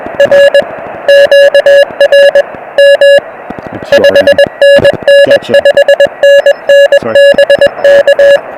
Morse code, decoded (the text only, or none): R QRM 5NN 5NN BK